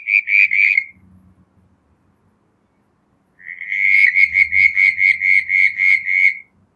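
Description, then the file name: Southern brown tree frog giving a short pulsed bout, then after a pause a longer series of rapid, creaking notes. "Litoria ewingii"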